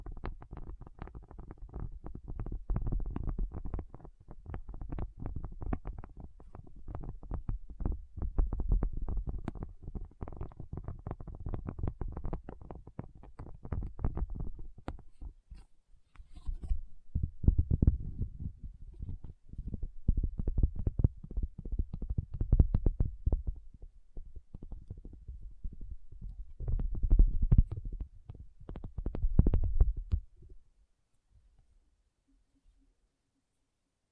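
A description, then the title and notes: A no-talking tapping session: dense, rapid taps that are mostly dull and low, with occasional brighter clicks. The tapping comes in busy bursts, easing briefly near 15 seconds and surging again around 18, 23 and 28 seconds before stopping just after 30 seconds into near silence. Tapping Session (No Talking).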